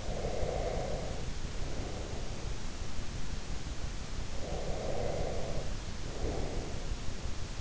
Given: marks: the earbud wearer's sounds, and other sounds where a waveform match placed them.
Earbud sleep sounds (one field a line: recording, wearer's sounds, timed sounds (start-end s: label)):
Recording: sounds in sleep by an in-ear microphone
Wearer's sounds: breath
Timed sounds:
0.00-2.43 s: breath
4.40-6.83 s: breath